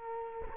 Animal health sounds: mosquito wingbeat signal from an infrared sensor; Culex quinquefasciatus

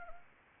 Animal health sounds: mosquito wingbeat signal from an infrared sensor; Anopheles arabiensis

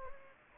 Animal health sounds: mosquito wingbeat signal from an infrared sensor; Anopheles gambiae

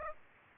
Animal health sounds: mosquito wingbeat signal from an infrared sensor; Aedes aegypti

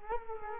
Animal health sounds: mosquito wingbeat signal from an infrared sensor; Culex quinquefasciatus

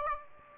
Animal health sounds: mosquito wingbeat signal from an infrared sensor; Aedes aegypti

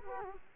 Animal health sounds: mosquito wingbeat signal from an infrared sensor; Culex quinquefasciatus

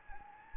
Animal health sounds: mosquito wingbeat signal from an infrared sensor; Anopheles gambiae

